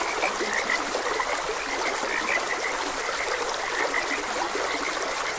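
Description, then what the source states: Frog croaks, many brief clicking notes overlapping continuously, set against the constant hiss of a running stream. Frogs croaking beside a gentle stream.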